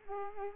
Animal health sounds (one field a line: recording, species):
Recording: mosquito wingbeat signal from an infrared sensor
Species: Culex quinquefasciatus